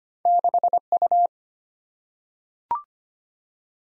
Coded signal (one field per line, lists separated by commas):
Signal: Morse code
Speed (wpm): 25 wpm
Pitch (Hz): 700 Hz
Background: none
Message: 6U